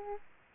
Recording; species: mosquito wingbeat signal from an infrared sensor; Aedes aegypti